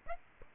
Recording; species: mosquito wingbeat signal from an infrared sensor; Aedes aegypti